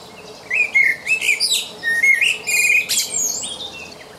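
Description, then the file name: Common blackbird song, linked phrases of fluty whistles topped with thin, squeaky high-pitched twitters. "Turdus merula"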